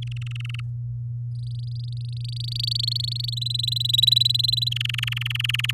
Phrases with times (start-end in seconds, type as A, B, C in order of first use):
0.02-0.61 A, 1.35-3.35 B, 3.37-4.69 C, 4.71-5.71 A